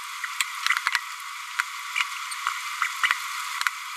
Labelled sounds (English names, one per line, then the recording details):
Green-rumped Parrotlet babbling
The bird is a female
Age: 28 days
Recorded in a nest box in Venezuela
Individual 17B102A5